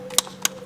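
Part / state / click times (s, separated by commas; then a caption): torque wrench tightening spark plug into engine cylinder head / torque reached / 0.2 s, 0.4 s. A preset torque wrench tightens a spark plug into the cylinder head of a 208 GTI engine, after a long stretch of hard tightening. Two sharp, bright clicks are heard at 0.2 and 0.5 seconds over a faint steady hum. The wrench has clicked at its set torque.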